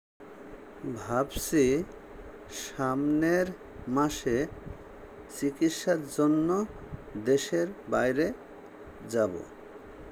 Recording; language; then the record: elicited speech; Bengali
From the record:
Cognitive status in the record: dementia